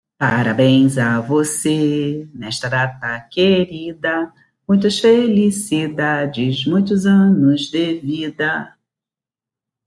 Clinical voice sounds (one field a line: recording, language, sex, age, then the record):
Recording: short text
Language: Brazilian Portuguese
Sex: female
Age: 50 to 59 years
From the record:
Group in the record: control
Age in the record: 56 years